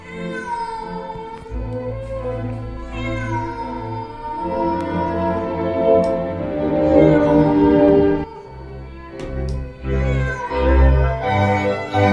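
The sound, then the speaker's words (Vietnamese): A black cat, staring toward a village, lets out a long, eerie, wavering yowl, rising and falling in pitch over several seconds, loud and drawn-out with harmonic whining tones and no one talking. “Rồi nó cũng quắc mắt nhìn về phía ngôi làng mà kêu lên những tiếng lạnh lẽo đến rợn cả người.”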